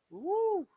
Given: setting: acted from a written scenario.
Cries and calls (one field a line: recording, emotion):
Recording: vocal sound without words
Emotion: ecstasy